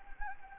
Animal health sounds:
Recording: mosquito wingbeat signal from an infrared sensor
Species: Anopheles gambiae

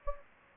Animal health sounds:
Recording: mosquito wingbeat signal from an infrared sensor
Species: Anopheles gambiae

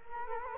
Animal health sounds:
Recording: mosquito wingbeat signal from an infrared sensor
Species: Culex quinquefasciatus

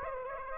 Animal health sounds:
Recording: mosquito wingbeat signal from an infrared sensor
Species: Aedes aegypti

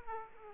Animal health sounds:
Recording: mosquito wingbeat signal from an infrared sensor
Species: Aedes aegypti

